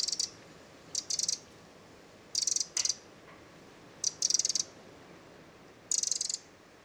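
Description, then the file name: Eurasian wren delivering rapid, scratchy high rattles in irregular bursts, some split into two quick parts. "Troglodytes troglodytes"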